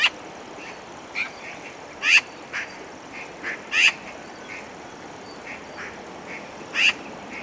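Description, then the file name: Eurasian magpie uttering short, grating calls at uneven intervals, some louder and some fainter, over a constant low hiss. "Pica pica"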